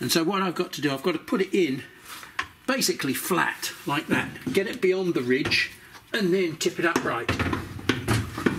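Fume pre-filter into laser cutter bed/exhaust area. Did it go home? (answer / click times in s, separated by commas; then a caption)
yes / 7.9 s, 8.5 s. Someone talks while sliding a home-made fume pre-filter for MDF fumes into a laser cutter, laying it flat to get it past a ridge and then tipping it upright past the belt. Two sharp clicks at 7.9 s and 8.5 s mark the pre-filter snapping into place, and it is seated.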